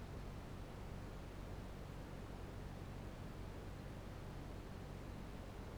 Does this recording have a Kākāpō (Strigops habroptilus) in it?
no